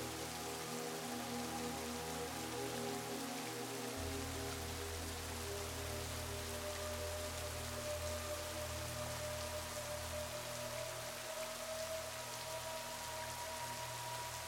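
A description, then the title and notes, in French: A gentle rain shower falls steadily throughout, a dense, even patter with no pauses. Soothing music sits underneath as long, held tones, low and soft, with the bass shifting to a new note around four seconds in. The overall level stays constant. Le son réconfortant d'une averse douce et une musique apaisante soigneusement composée.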